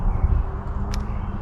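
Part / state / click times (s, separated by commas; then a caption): retractable skeg into its kayak mount / seated / 0.9 s. A homemade retractable kayak skeg, not yet glued, is pushed into its kayak mount against a steady low rumble. A short, bright click at 0.9 s marks it locking into place, with its metal part keeping the slack small.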